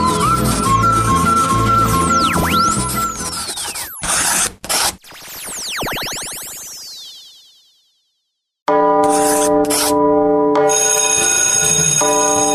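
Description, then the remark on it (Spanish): A loud burst of ratcheting clicks and swooping electronic sweeps fades into a brief silence, then a bright bell rings out with steady, sustained metallic tones and sharp strikes. No one speaks. “Ya tocó la campana.”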